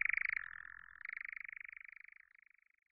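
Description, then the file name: European nightjar churr, a pulsed trill that steps up in pitch after a second, then fades away. "Lelek-lesní"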